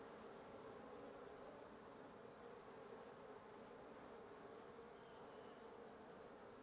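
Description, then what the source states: Steady wasp buzz from a nest, a thick uniform drone with a faint thin tone late. Wasp nest under the roof of a residence in Antigua Guatemala, Guatemala, recorded in the morning; headphone listening recommended.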